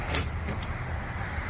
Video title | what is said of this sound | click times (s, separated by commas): C5 Corvette Speedometer Instrument Cluster Removal in 15 Minutes | again you can hear that satisfying snap that lets you know you've broken the seal | 0.1 s